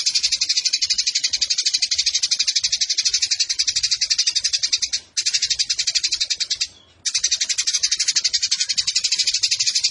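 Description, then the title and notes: Eurasian tree sparrow in an extended, very fast chatter of rasping chirps, paused twice briefly, then continuing in the same rapid stream. Fighting sparrow with long rapid-fire 'nembak panjang' delivery and clear voice, used to train birds for song competitions. "GEREJA TARUNG NEMBAK PANJANG SUARA JERNIH MASTERAN WAJIB BURUNG LOMBA. Burung Gereja"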